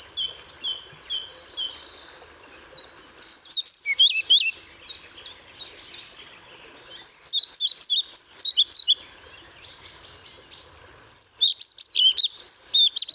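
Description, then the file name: European pied flycatcher song: three brisk phrases of high, sharply see-sawing notes, separated by pauses, with other birds' thin whistles behind. Recorded at Paehl on 1 May 2014. "Trauerschnaepper 01 05 2014 Paehl WM Michle Pron"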